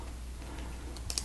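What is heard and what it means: A plastic windshield element from a Lego City Arctic Helicrane set (#60034) is squeezed and pulled out of its toy brick cockpit piece over a low steady hum. Two sharp plastic clicks at 1.1 and 1.2 seconds mark the windshield popping free, and it comes out easily.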